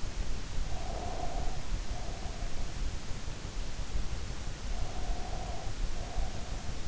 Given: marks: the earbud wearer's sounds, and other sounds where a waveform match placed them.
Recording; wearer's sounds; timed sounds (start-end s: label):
sounds in sleep by an in-ear microphone; breath
0.61-2.82 s: breath
4.64-6.88 s: breath